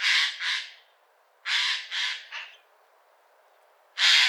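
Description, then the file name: Eurasian jay calling with raspy, scolding screeches: a pair, then a run of three, then one more harsh note after a pause. "Garrulus glandarius"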